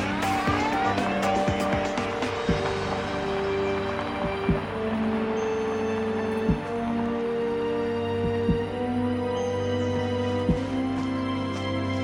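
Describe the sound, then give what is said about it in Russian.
A car engine hums steadily as the vehicle rolls up at a village and settles into a parking spot a little beyond another car, with a few soft thuds roughly every two seconds over the low motor drone. “Юра подъехал к тому же поселку.”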